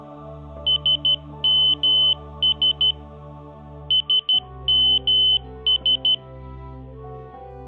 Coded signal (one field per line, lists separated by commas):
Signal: Morse code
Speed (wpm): 12 wpm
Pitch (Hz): 3050 Hz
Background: none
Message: SMS SMS